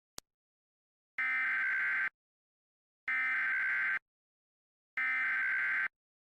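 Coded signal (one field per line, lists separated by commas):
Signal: Emergency Alert System (SAME) tones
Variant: header bursts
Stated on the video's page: Fictional mock alert, simulated.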